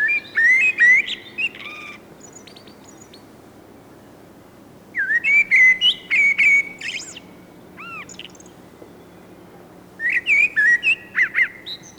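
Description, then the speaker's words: Common Blackbird singing mellow, flute-like phrases that end in thin, scratchy twitters, repeated roughly every five seconds with quiet gaps between. Flute-like, melancholy song; phrases longer than the mistle thrush's and without the song thrush's repetitions. "Kuunnellaanpa vielä mustarastaan huilu ääntä."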